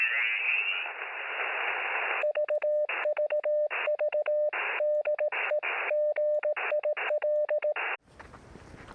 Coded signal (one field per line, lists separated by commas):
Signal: Morse code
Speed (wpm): 18 wpm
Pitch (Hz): 600 Hz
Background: radio noise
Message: VVV DE GIL